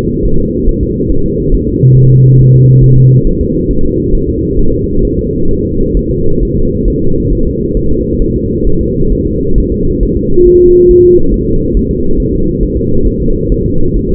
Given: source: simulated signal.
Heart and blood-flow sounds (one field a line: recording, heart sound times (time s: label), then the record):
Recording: fetal heart sounds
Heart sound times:
0.25 s: S1
0.40 s: S2
0.69 s: S1
0.83 s: S2
1.11 s: S1
1.26 s: S2
1.54 s: S1
1.69 s: S2
1.97 s: S1
2.12 s: S2
2.41 s: S1
2.55 s: S2
2.84 s: S1
2.98 s: S2
3.27 s: S1
3.41 s: S2
3.71 s: S1
3.85 s: S2
4.15 s: S1
4.29 s: S2
4.59 s: S1
4.73 s: S2
5.05 s: S1
5.19 s: S2
5.51 s: S1
5.65 s: S2
5.97 s: S1
6.11 s: S2
6.43 s: S1
6.57 s: S2
6.88 s: S1
7.02 s: S2
7.33 s: S1
7.47 s: S2
7.77 s: S1
7.91 s: S2
8.22 s: S1
8.36 s: S2
8.67 s: S1
8.81 s: S2
9.12 s: S1
9.27 s: S2
9.58 s: S1
9.72 s: S2
10.03 s: S1
10.17 s: S2
10.47 s: S1
10.62 s: S2
10.91 s: S1
11.05 s: S2
11.34 s: S1
11.48 s: S2
11.77 s: S1
11.91 s: S2
12.20 s: S1
12.34 s: S2
12.63 s: S1
12.77 s: S2
13.07 s: S1
13.21 s: S2
13.52 s: S1
13.66 s: S2
13.96 s: S1
14.11 s: S2
From the record:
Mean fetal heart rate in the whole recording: 135 bpm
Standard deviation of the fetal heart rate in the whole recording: 3 bpm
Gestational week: 36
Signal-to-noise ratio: -17.7 dB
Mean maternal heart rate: 72 bpm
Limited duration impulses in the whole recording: present